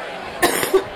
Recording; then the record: coughing mixed with background sound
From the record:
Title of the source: 30 Chesty and wet cough